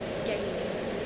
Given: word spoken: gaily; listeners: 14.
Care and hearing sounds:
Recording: one English word in noise, from a listening test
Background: speech-shaped noise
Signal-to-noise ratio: -5.9 dB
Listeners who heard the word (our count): 1 of 14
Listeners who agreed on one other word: 6 of 14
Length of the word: 0.67 s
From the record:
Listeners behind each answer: 6, 2, 2, 2, 1, 1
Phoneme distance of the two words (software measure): 17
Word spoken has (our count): 2 syllables, 4 phonemes, stress on syllable 1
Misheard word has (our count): 1 syllable, 3 phonemes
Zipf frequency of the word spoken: 2.32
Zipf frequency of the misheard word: 5.54

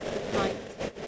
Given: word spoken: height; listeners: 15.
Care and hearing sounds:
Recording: one English word in noise, from a listening test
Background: noise modulated by three-talker babble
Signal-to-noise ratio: -7.5 dB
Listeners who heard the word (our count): 4 of 15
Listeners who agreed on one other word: 6 of 15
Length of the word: 0.67 s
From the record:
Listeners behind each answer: 6, 4, 2, 1, 1, 1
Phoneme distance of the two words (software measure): 17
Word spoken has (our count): 1 syllable, 3 phonemes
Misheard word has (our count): 1 syllable, 4 phonemes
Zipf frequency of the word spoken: 4.46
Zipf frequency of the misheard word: 4.14

